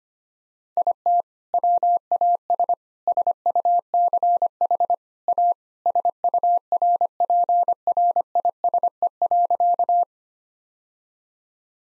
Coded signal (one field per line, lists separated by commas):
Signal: Morse code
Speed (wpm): 25 wpm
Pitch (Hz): 700 Hz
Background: none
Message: IT WAS SUCH A SURPRISE.